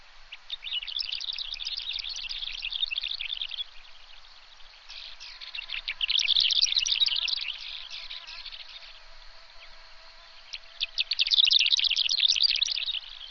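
Bird song in three bouts of fast, high twittering chatter separated by quieter stretches, with a faint low steady tone in between.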